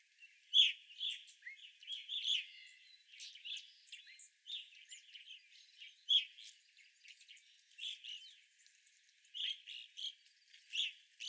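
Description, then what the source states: Evening grosbeak calls: clipped, buzzy chirps from a group, loud bursts scattered irregularly among quieter twittering notes. Several evening grosbeaks recorded on 25 April 2021.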